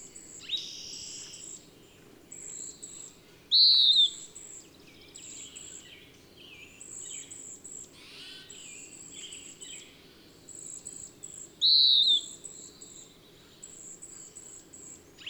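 Bird song: two loud, clear descending whistles about eight seconds apart amid many softer chirps and a high-pitched insect-like buzz.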